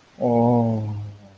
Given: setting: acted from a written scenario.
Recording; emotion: vocal sound without words; awe